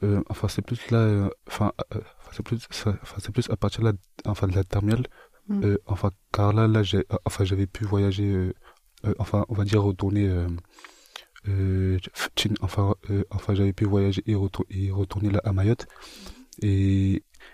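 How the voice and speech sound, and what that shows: A young adult man speaking French with stuttering-type disfluency: frequent repeated 'enfin' fillers, restarted and repeated phrases, a stretched sound and glottal catches between words.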